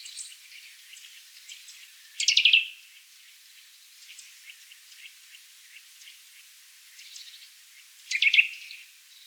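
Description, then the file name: Eurasian nuthatch giving two brief rapid bursts of sharp high notes about six seconds apart, over faint scattered background chirping. "Sitta europaea"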